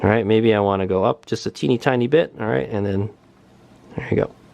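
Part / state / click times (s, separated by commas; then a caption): adjustment lock on a micrometer torque wrench handle / not seated / none. Someone talks while making a small adjustment to the setting on a Tekton 1/4-inch drive micrometer torque wrench, handling its adjustment lock. Near the end there is a brief, faint sound before it goes quiet. Nothing has seated or clicked yet, and the lock has not snapped into place.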